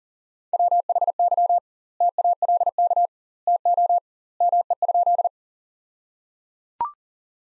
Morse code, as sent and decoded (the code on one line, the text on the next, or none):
.-- .... -.-- / - .- .-.. -.- / - --- / -- . ..--..
WHY TALK TO ME?